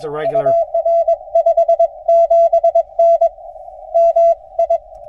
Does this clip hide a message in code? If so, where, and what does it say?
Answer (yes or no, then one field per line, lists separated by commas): yes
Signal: Morse code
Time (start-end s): 0.3-4.8 s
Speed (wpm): 20 wpm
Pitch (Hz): 690 Hz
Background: speech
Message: UR 57N MI